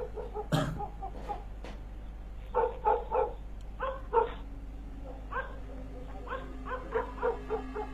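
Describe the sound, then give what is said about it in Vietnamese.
The neighbours' dogs bark in scattered bursts, heard from a distance: a sharp yelp at first, then clusters of yapping barks and whiny yips recurring over a low steady hum, with no talking. “Thậm chí đến đám chó của nhà hàng xóm cũng bắt đầu nghe tiếng hét động mà cắn lên nhắm nha nhắm nhẳng vọng đến.”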